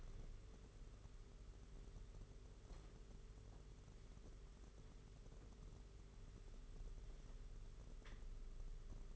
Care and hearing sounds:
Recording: daily activity, microphone in the room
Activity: wipe stove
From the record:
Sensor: 4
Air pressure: 992.2 hPa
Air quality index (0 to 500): 110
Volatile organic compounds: 18 ppm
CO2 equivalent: 2633 ppm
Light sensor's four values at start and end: 22/77/28/30 and 22/76/28/29

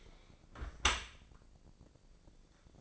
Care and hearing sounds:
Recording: daily activity, microphone in the room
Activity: close dishwasher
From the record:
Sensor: 5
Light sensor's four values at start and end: 113/271/115/129 and 113/272/115/130

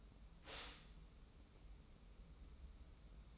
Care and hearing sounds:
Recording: daily activity, microphone in the room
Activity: stop toaster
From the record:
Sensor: 1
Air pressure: 994.4 hPa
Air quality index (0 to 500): 224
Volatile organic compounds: 1000 ppm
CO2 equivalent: 8027 ppm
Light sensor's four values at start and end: 130/300/133/145 and 130/301/133/146

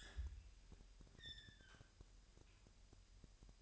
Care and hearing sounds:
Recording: daily activity, microphone in the room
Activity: open fridge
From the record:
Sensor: 2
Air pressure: 1001.8 hPa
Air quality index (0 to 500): 241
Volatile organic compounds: 32 ppm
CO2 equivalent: 3002 ppm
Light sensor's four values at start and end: 9/28/11/10 and 9/28/11/10

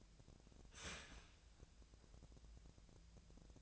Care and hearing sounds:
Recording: daily activity, microphone in the room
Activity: start toaster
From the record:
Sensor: 2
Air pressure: 1000.0 hPa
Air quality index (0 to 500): 152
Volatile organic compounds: 2 ppm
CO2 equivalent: 1283 ppm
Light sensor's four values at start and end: 21/52/22/23 and 21/53/22/24

